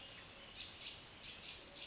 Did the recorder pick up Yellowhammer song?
no